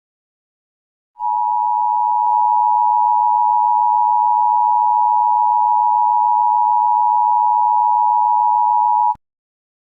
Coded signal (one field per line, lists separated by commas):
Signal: Emergency Alert System (SAME) tones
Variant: 853 and 960 Hz attention tone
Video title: [6742] Gotta build bypasses... (EAS scenario)